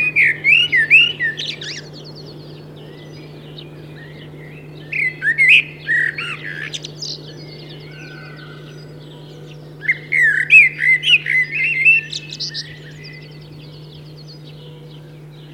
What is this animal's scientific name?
Turdus merula